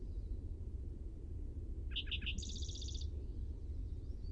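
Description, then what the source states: Spotted towhee song: three quick introductory notes followed by a fast, buzzy high trill lasting under a second, over steady low rumbling background noise. Primary song.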